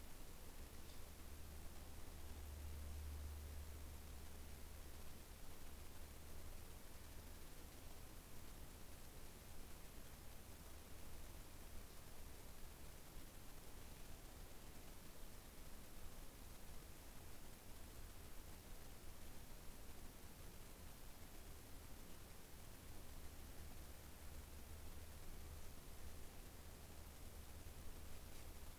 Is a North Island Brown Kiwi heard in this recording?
no